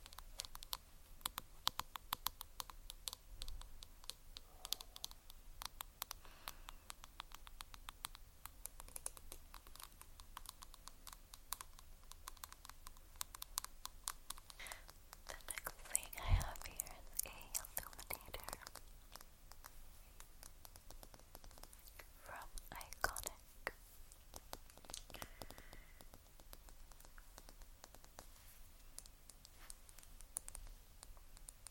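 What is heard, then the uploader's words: Quick, light tapping on beauty products, sharp clicks coming in dense, irregular bursts. The clicks are bright, with a small rustle or knock around sixteen seconds and again near twenty-three. A quiet low hum sits underneath. ASMR Tapping On Beauty Products.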